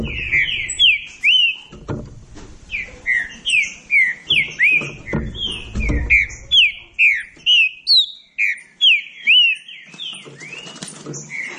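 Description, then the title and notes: Green-winged saltator delivering a steady string of loud slurred whistles, about two per second, with low knocks in places. Classic song style (canto clássico) of the green-winged saltator, used for training singing birds. "Canto Clássico Trinca Ferro TREINAMENTO. trinca fero"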